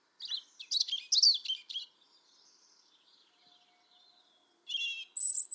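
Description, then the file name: European robin: high twittering notes in the first two seconds, then quiet, then a buzzy note and a sustained thin high whistle at the end. "Erithacus rubecula"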